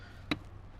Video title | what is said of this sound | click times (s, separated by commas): 2016 - 2023 Toyota Tacoma Soundskins Pro Cut Sound Deadening Kit Install | listen for that click | 0.3 s